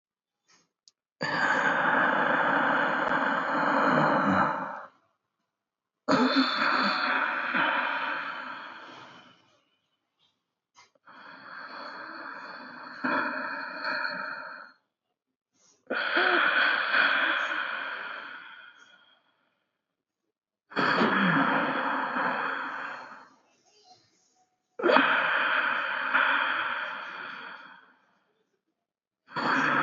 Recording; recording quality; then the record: deep breathing; excellent, no background noise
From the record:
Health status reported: healthy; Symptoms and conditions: none ticked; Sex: male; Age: 51 years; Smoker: not ticked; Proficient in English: yes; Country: India